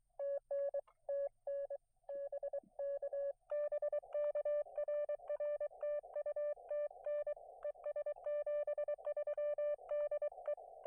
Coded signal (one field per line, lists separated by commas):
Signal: Morse code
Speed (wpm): 23 wpm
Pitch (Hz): 590 Hz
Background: none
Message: TN TN BK BK RR TU TN ES 73 DE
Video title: A little unplanned POTA at US-5221